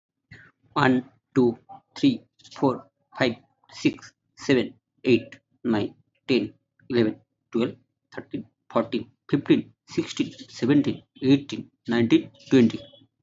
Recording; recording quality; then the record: counting at a normal pace; excellent, no background noise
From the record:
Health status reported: healthy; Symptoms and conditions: none ticked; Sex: male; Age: 28 years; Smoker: not ticked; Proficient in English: yes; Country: India